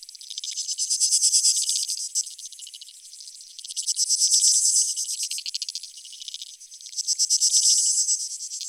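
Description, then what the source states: Insects in chorus, dense high pulsed trilling that swells and fades in waves roughly every three seconds, with no low sounds beneath. Creek insects; field recording from Australia or Portugal, made in 2011, part of a collaborative soundwork; some recordings were left unaltered and others processed.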